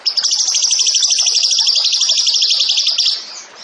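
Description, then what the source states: Bird delivering a continuous, very fast, shrill trill of high notes for about three seconds, then fading out. Songbird singing actively (gacor) in 'tembakan' style, for training songbirds (masteran).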